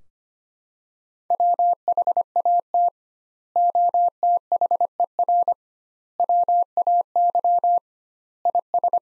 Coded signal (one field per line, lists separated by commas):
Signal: Morse code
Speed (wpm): 25 wpm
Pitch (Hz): 700 Hz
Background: none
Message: WHAT OTHER WAY IS